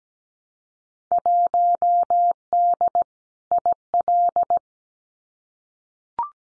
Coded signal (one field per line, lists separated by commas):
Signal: Morse code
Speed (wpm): 17 wpm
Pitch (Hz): 700 Hz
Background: none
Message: 1D IL